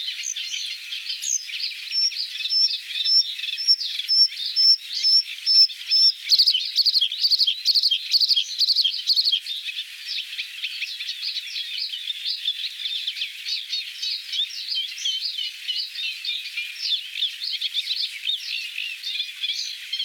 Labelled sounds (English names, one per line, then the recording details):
Bluethroat song
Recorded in the wild
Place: NSG Wagbachniederung, Baden-Württemberg, DE
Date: 1981-05-24
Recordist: Schwarz, Dieter
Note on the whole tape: Song